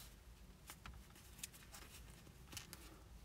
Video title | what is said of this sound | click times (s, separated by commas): How to Crochet Milkshakes -- Amigurumi Pattern Tutorial | we go okay so we got our eyes locked into place | 2.7 s